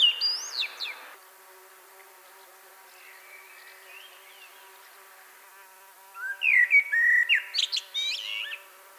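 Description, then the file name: Common blackbird song: a brief phrase at the start, a quiet gap, then a loud fluted warble breaking into high, scratchy twitters. "Turdus merula"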